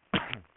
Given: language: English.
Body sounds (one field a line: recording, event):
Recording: throat vibration sensor signal played as sound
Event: cough